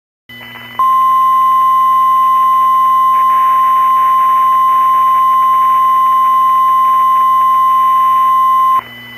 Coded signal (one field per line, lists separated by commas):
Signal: Emergency Alert System (SAME) tones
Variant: 1050 Hz attention tone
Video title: EAS - Poorly Worded PDS TOR